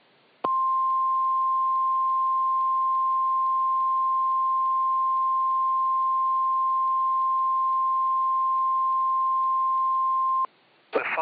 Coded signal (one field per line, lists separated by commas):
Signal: Emergency Alert System (SAME) tones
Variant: 1050 Hz attention tone